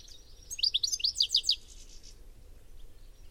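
Bird calling: a quick run of high, steeply slurred chirps lasting about a second and a half, then quiet with only low background hum.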